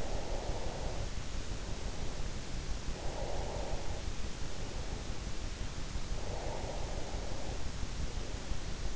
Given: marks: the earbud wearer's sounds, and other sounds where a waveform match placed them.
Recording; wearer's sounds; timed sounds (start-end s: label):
sounds in sleep by an in-ear microphone; breath
0.00-1.93 s: breath
2.84-4.39 s: breath
6.10-7.98 s: breath